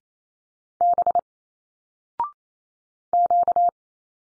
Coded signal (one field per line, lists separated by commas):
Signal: Morse code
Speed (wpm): 28 wpm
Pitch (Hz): 700 Hz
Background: none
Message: B Q